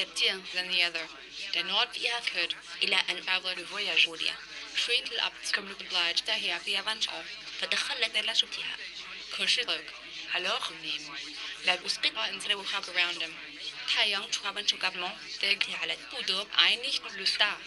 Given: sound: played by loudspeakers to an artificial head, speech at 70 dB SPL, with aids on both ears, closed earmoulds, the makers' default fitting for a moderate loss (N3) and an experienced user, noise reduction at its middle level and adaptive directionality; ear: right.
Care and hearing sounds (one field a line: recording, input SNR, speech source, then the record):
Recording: speech test signal (ISTS) in cocktail-party noise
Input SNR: +6 dB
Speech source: on the right (90 degrees)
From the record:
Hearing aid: class 2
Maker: B